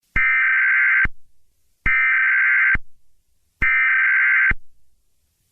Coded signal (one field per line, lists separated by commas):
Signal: Emergency Alert System (SAME) tones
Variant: header bursts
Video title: EAS TEST